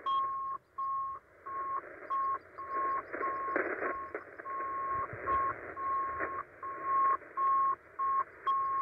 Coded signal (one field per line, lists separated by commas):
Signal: HF data modem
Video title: 5512 kHz USB Israeli Navy Hybrid Modem